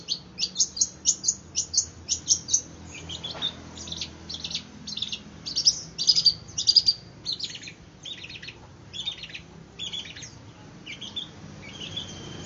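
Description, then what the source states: Long-tailed shrike singing a quick series of sharp, high chirps, rapid and rhythmic at first, then looser varied notes with brief pauses. Indonesian name cendet; song style called kombinasi (combination).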